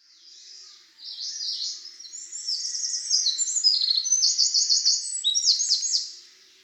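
Eurasian wren delivering a long, fast, very high song of rattling trills and sharp twittering phrases that builds in loudness before stopping abruptly.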